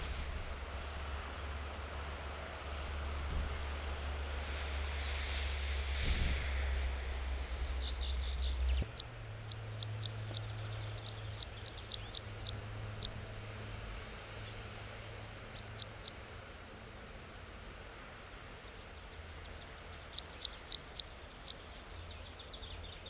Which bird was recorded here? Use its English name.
Meadow Pipit